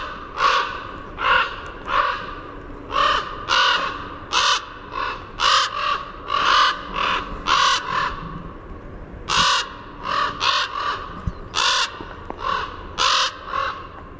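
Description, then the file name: Common raven calls: many harsh, hoarse croaks in a steady series with short pauses. "CORA call"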